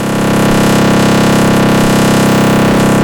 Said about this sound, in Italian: E adesso magari vi faccio sentire un attacco di extra tone, così un po' a caso, no? Sparandovelo dritto per i trapani oculari.